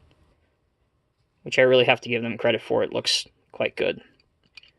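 Someone talks while handling the removable roof of the cab on a 1:50 diecast Diecast Masters Caterpillar 309 CR Mini Excavator (item number 85592), bringing it back toward the cab to be pressed on. A few faint, light ticks occur near the end of the clip. Nothing has seated or clicked yet.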